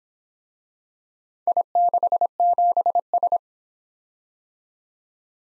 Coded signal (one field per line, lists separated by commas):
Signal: Morse code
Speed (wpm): 25 wpm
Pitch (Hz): 700 Hz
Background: none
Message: I67S